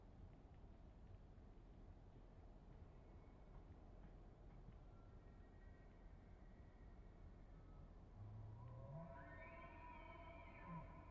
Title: Elk Bugling Bulls With Cows In The Distance